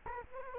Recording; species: mosquito wingbeat signal from an infrared sensor; Culex quinquefasciatus